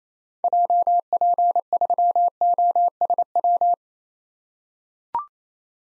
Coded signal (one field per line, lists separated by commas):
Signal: Morse code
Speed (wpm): 28 wpm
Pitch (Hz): 700 Hz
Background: none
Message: JP3OSW